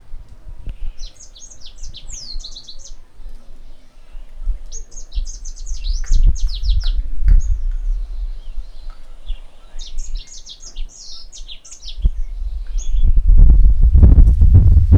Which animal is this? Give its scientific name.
Crithagra dorsostriata